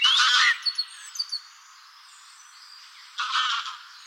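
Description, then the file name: Common blackbird, harsh rattling chatter bursts, with a few short sharp notes and thin high squeaks between two louder bursts. "Turdus merula"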